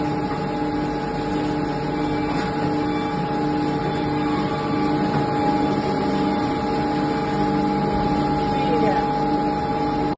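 A carton press machine runs with a steady mechanical hum, a constant whine sitting over a busy, rattling low drone. The level stays even throughout, with small clicks and knocks at around two, five and nine seconds, and faint indistinct voices in the background.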